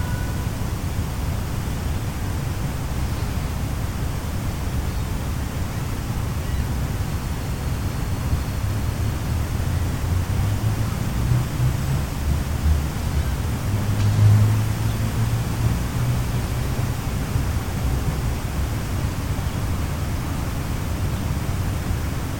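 Steady city noise forms a dense, unbroken hush, heaviest in the low rumble, with a thin constant whine at the top. The level barely shifts across the clip, apart from a slight swell around fourteen seconds.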